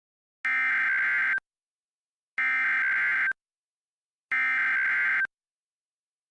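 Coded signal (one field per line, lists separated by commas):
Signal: Emergency Alert System (SAME) tones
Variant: header bursts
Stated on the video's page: Fictional EAS scenario about a tornado, not a real alert.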